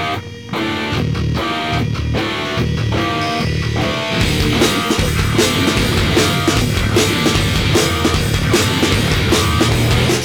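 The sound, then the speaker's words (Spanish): A loud, dense song plays without talking, its heavy beat and distorted, harmonically rich instruments starting sparse and choppy, then thickening into a full, steady wall of sound after a few seconds. “A ver si os calláis un poco, que está sonando un temazo.”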